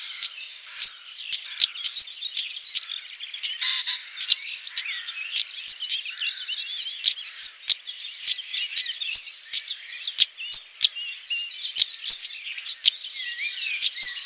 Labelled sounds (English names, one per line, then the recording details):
European Stonechat song
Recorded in the wild
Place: Waltershofen / Freiburg im Breisgau, Baden-Württemberg, DE
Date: 2009-05-17
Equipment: MiniDisc Sharp MT 20 H
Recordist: Schwarz, Dieter